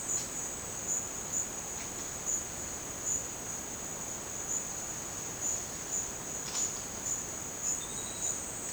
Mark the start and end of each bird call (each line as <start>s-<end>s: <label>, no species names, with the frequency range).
7.74s-8.38s: bird call (3.2-4.6 kHz)